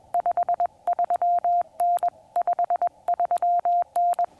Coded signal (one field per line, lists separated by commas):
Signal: Morse code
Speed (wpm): 21 wpm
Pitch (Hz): 690 Hz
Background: none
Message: 53N 53N